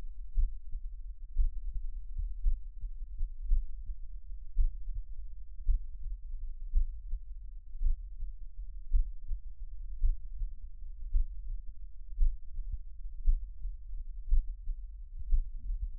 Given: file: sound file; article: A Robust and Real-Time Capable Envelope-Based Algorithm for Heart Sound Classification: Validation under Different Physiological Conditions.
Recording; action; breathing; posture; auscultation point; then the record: heart sounds by electronic stethoscope; rest; normal; sitting; sternum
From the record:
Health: healthy, no known heart disease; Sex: male